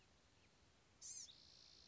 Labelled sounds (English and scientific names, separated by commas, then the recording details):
Blue-gray Gnatcatcher (Polioptila caerulea)
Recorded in Sonoma County, California